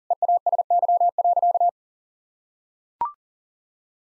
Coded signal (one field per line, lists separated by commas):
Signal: Morse code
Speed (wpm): 37 wpm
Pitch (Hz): 700 Hz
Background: none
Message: EASY.